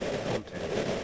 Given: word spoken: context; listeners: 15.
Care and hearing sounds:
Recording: one English word in noise, from a listening test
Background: noise modulated by three-talker babble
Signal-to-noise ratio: -7.9 dB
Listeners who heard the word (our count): 1 of 15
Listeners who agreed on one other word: 12 of 15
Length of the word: 0.64 s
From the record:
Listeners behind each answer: 12, 1, 1, 1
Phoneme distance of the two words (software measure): 17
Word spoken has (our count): 2 syllables, 8 phonemes, stress on syllable 1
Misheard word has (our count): 2 syllables, 7 phonemes, stress on syllable 1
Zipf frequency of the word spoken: 4.28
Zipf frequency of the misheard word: 4.22

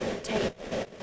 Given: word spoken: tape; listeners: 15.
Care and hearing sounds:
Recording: one English word in noise, from a listening test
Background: noise modulated by three-talker babble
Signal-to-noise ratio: -4.4 dB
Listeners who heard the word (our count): 5 of 15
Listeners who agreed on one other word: 10 of 15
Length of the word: 0.63 s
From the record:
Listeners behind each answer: 10, 5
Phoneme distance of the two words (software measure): 10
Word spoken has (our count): 1 syllable, 3 phonemes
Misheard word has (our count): 1 syllable, 3 phonemes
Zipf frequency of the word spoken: 4.34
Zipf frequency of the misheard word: 6.08

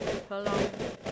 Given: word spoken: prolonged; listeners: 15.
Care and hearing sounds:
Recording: one English word in noise, from a listening test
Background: noise modulated by three-talker babble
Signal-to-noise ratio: -4.8 dB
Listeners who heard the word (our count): 0 of 15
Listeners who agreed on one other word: 6 of 15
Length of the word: 0.71 s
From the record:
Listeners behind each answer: 6, 5, 1, 1, 1, 1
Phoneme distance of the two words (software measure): 7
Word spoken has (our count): 2 syllables, 7 phonemes, stress on syllable 2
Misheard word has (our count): 2 syllables, 6 phonemes, stress on syllable 2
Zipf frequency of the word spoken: 3.43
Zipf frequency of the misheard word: 2.93

